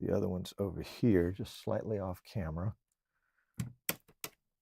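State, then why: Seated. Someone talks, then a memory module is pushed into a motherboard DIMM slot until the retention latches close. Sharp clicks are heard at 3.9 and 4.2 seconds, confirming the module is fully seated.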